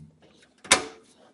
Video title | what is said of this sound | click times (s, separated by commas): How To Install A Motherboard 2012 - Step 2 | So there's no screws or anything. It just pops right into place. | 0.7 s